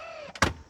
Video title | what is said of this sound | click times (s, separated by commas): Is The Tesla Model Y 7 Seater Worth it After 1,000 Miles? | and it locks into place right there | 0.4 s